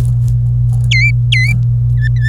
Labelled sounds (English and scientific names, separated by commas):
Domestic Canary (Serinus canaria) song